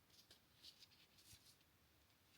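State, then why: Seated. The metal clasp of a Zara leather bracelet, one of a set of three adjustable bracelets, is clipped shut around a wrist. A single soft click at 0.3 s is followed by faint rustling and handling noise. The clasp is closed and seated.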